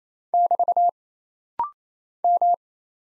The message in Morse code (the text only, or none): <BT> M